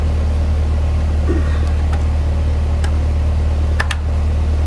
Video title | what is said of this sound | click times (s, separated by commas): Installing soft start to run 4 ton heat pump all day on solar and all night on LiFePO4 battery bank | that just snaps into place right there, on there. | 3.8 s, 3.9 s